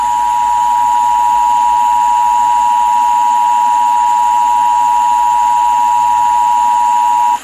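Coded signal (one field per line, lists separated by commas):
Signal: Emergency Alert System (SAME) tones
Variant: 853 and 960 Hz attention tone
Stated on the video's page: Fictional EAS scenario, made with Audacity and Balabolka text-to-speech.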